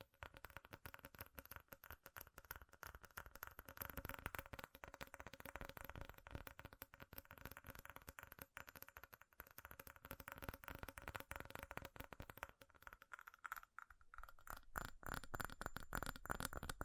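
Fast, furious tapping on metal runs the whole way through, a dense clatter of quick clicks with hardly a gap. A steady ringing tone hums underneath, and after about thirteen seconds the tapping thins briefly, then returns sharper and brighter.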